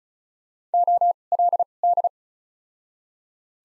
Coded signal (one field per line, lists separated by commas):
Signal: Morse code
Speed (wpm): 36 wpm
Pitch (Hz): 700 Hz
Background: none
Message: O L D